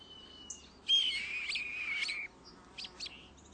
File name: European Starling